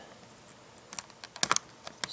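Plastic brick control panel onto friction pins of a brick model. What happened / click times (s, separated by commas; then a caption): A small plastic part snapped onto its pins / 1.4 s, 2.0 s. A small plastic LEGO control panel is pressed onto the friction pin snaps of a brick-built chamber model. Several sharp plastic clicks sound, and the panel snaps into place at 1.4 s and 2.0 s, fully seated.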